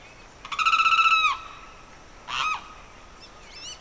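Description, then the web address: Bird calls: a long, loud, pulsed buzzy note, then a short harsh one, followed by quick whistled notes. Evening birdsong in the Pantanal swamp, rural South America. "The BBC Sound Effects Library - Complete 60 CDs Collection Sound Effects Library- (Rural South America) Evening Birdsong, Pantanal Swamp"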